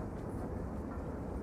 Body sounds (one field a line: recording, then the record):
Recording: background sound without coughing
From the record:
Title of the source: Train Ride Ambience ambient white noise for sleeping, focus, studying, reading